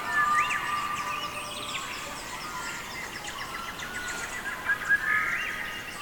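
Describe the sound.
Birdsong with upslurred whistles and scattered chirps from several birds over a steady hiss.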